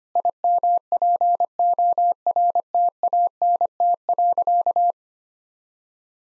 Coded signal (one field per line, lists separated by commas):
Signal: Morse code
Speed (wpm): 25 wpm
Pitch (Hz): 700 Hz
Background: none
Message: IMPORTANT.